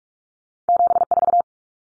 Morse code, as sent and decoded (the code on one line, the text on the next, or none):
--... ....-
74